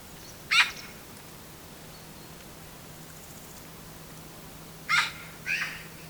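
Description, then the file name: Eurasian magpie with harsh, scratchy single calls: one early, then two close together near the end, separated by quiet hiss. "Pica pica"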